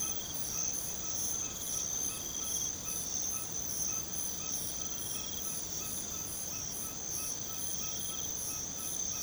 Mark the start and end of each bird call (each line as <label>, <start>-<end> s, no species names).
bird call, 1.82-9.22 s